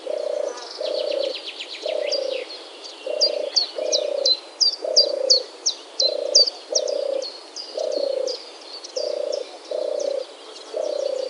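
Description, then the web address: European Turtle Dove purring steadily, soft rolling notes in a regular series about one per second, while small birds twitter and chip at a much higher pitch. "vogelstimmen turteltaube johannes buhl"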